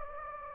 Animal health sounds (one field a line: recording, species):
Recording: mosquito wingbeat signal from an infrared sensor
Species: Anopheles gambiae